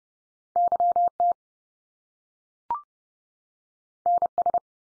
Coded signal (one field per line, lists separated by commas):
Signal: Morse code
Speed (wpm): 30 wpm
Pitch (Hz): 700 Hz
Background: none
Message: YT NS